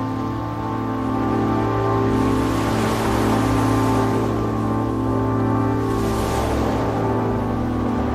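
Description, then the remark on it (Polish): Waves roll onto a Baltic Sea beach at the peak of the summer season in two broad, hissing surges, rising and falling over a steady, droning low hum. No one speaks. “Nadbałtycka plaża. Szczyt sezonu. Ale jak odejdziesz kawałek od wejścia, nikogo już nie ma.”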